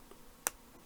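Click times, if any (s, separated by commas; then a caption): 0.5 s. A small plastic part for the engine of a Fanhome '66 Batmobile scale model is pushed onto a little peg on the engine assembly. A single sharp, bright click sounds at 0.5 s against near silence, and the part seats with a solid click.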